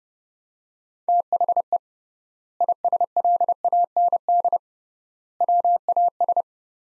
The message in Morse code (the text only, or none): THE ISLAND WAS